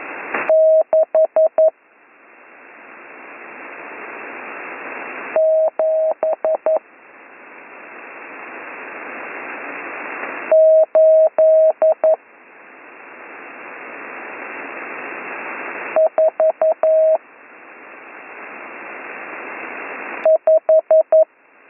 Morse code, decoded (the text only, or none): 67845